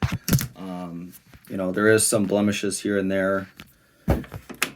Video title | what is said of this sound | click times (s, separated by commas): Panasonic DMR-ES30V DVD Recorder VCR Combo Copy VHS To DVD Power Cords NO REMOTE | This locks into place. | 4.6 s